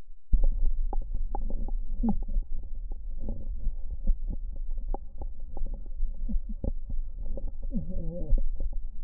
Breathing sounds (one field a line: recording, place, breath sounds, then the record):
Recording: lung sounds by stethoscope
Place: right posterior lower chest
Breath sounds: crackles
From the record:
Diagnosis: heart failure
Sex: female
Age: 76 years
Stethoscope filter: diaphragm mode, 100 to 500 Hz